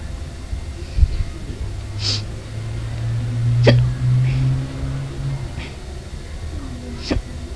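Three or four sharp, abrupt clicking gulps come at irregular intervals over about seven seconds, against a steady low hum like an engine or room noise. These are an adult's hiccups, the sudden catch of breath from an involuntary spasm of the diaphragm.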